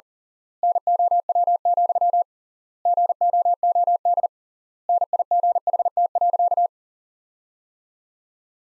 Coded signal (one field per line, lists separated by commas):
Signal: Morse code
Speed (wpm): 40 wpm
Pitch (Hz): 700 Hz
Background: none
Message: NOW, GOOD NIGHT.